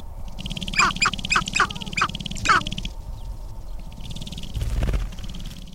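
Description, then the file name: Sharp-tailed Grouse clucking, a quick series of about six hard, clipped notes in under two seconds, over steady background noise. "2006-04-19 Sharp-tailed Grouse"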